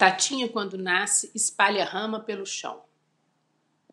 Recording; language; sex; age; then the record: short text; Brazilian Portuguese; female; 50 to 59 years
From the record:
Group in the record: control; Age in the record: 50 years